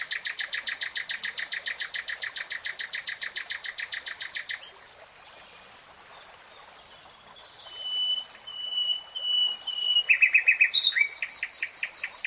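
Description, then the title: Nightingale delivering a long, fast, evenly pulsed rattling trill, a pause, a pure drawn-out whistle, then another rapid trill. Three-hour real-time recording. "[Tiếng chim hót] Nightingale Singing"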